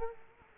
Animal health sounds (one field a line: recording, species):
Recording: mosquito wingbeat signal from an infrared sensor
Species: Culex quinquefasciatus